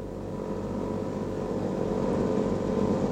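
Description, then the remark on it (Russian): A propeller airplane's engines drone in a steady, low, rumbling hum that swells slightly louder over a few seconds, with no voices: Captain Grigoriev's plane coming in to land near a surfaced submarine off Terceira island in the Atlantic, in a radio drama. “Самолет капитана Григорьева! Включить носовой прожектор! Он идет на посадку.”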